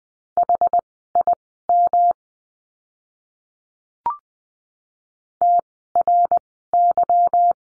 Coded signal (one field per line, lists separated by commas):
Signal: Morse code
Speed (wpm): 20 wpm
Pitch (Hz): 700 Hz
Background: none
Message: HIM TRY